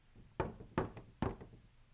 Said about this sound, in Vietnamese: Khi Hàn Phi còn đang cau mày suy nghĩ, thì ngoài cửa phòng đột nhiên vang lên tiếng gõ cửa.